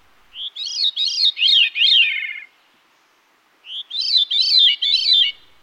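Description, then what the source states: Veery song: two phrases of downward-spiraling notes, separated by about a second of silence. Played as a quiz hint; among the earliest songbirds returning in spring; spends much time in forests; song sounds as if played through a hollow metal pipe.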